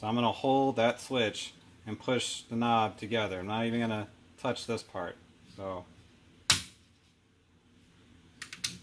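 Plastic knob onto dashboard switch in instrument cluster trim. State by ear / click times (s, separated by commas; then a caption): seated / 6.5 s. Someone talks while holding a dashboard switch in the instrument cluster trim of a BMW E39 (525i, 528i, 530i, 540i, M5) and pushing the plastic knob down onto it. A sharp snap at 6.5 s is the knob seating on the switch, with no pressure on the fragile plastic part inside the trim. A few faint clicks follow near the end.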